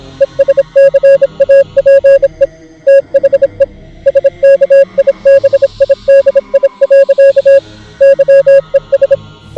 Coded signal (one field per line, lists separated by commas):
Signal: Morse code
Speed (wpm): 26 wpm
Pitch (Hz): 550 Hz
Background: music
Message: ESCAPE THE SKIBIDI. YES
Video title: EAS Scenario - Skibidi Toilet Invasion